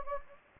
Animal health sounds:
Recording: mosquito wingbeat signal from an infrared sensor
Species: Anopheles gambiae

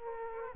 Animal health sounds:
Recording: mosquito wingbeat signal from an infrared sensor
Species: Aedes aegypti

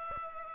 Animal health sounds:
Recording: mosquito wingbeat signal from an infrared sensor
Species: Aedes aegypti

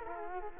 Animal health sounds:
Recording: mosquito wingbeat signal from an infrared sensor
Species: Culex quinquefasciatus

